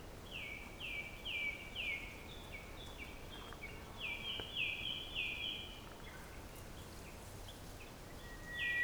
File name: nightingale 2019 dec robert knoth und antoinette de jong